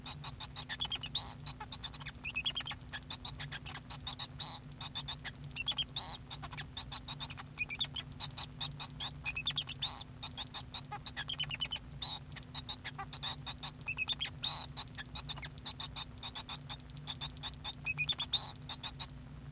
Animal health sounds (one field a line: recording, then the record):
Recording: song of a male Bengalese finch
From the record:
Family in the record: son of father 2